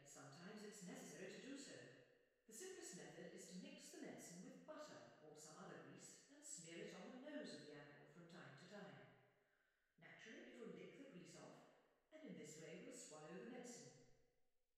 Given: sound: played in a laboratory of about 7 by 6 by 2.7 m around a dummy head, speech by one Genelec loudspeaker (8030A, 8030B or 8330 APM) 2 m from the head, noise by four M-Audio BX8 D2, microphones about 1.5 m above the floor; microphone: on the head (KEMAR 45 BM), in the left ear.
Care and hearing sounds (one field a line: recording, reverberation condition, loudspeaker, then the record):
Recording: female speech in English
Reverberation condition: high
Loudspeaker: 60 degrees to the right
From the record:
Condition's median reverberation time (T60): about 1300 ms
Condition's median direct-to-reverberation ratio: about -4.0 dB